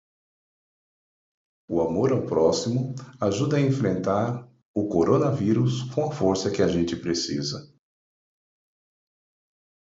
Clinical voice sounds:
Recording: spoken sentence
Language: Brazilian Portuguese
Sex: male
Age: 40 to 49 years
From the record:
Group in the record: control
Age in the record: 45 years

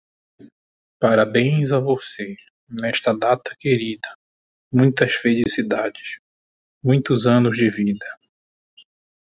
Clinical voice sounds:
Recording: short text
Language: Brazilian Portuguese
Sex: male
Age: 20 to 29 years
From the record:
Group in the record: control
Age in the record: 22 years

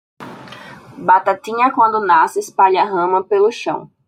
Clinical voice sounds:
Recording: short text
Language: Brazilian Portuguese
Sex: female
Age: 20 to 29 years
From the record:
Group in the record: control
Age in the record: 22 years

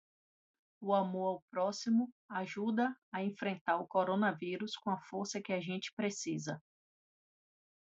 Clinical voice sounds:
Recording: spoken sentence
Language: Brazilian Portuguese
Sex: female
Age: 40 to 49 years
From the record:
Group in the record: control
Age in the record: 47 years

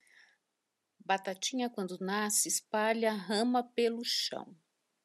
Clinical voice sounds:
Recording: short text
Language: Brazilian Portuguese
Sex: female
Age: 60 to 69 years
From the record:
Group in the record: control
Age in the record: 61 years

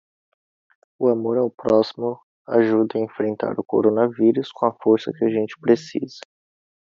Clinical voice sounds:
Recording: spoken sentence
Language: Brazilian Portuguese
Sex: male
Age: 20 to 29 years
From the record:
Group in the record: control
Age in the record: 22 years

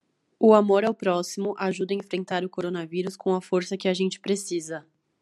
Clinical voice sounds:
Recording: spoken sentence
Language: Brazilian Portuguese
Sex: female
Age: 20 to 29 years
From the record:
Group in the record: control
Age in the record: 25 years

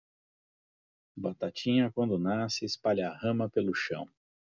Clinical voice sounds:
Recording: short text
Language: Brazilian Portuguese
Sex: male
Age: 40 to 49 years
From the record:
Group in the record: control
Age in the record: 45 years

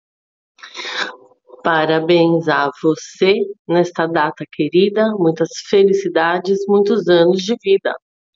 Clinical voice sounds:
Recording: short text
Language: Brazilian Portuguese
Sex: female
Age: 40 to 49 years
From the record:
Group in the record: control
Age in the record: 42 years

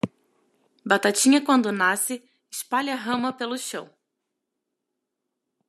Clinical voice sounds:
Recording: short text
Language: Brazilian Portuguese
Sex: female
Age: 30 to 39 years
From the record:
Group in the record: control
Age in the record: 34 years

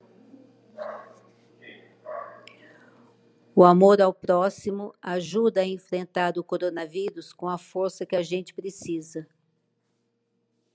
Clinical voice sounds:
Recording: spoken sentence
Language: Brazilian Portuguese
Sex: female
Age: 60 to 69 years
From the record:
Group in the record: control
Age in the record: 63 years

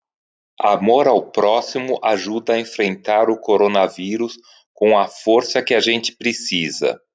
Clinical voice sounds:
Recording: spoken sentence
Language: Brazilian Portuguese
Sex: male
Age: 50 to 59 years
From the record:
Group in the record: control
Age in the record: 58 years

